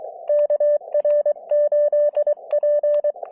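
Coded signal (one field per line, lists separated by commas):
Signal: Morse code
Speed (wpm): 24 wpm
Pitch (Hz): 590 Hz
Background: none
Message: KR8P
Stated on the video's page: Morse from a POTA park activation at a mountain fire tower; slow start, improved after switching antennas.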